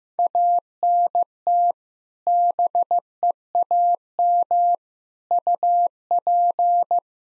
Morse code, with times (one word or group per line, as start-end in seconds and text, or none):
0.2-1.7 ANT
2.3-4.7 BEAM
5.3-7.0 UP